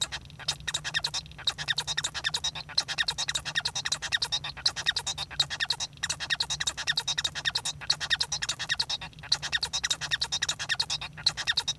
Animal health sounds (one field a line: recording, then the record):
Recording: song of a male Bengalese finch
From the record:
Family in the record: son of father 1